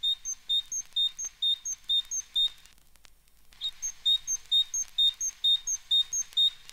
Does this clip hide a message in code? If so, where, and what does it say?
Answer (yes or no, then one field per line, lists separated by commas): no